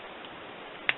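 During reassembly of a Series 80 1911 pistol, the recoil spring plug is pushed down while the steel barrel bushing is rotated back into position in the slide. Under a steady low hiss, a sharp, short click at 0.9 s marks the bushing seating all the way over the plug.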